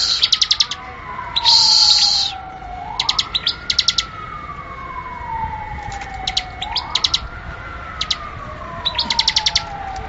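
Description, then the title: Bar-winged Prinia giving short bursts of quick high chips, accompanied by a slowly rising and falling siren-like tone in the background. "ciblek"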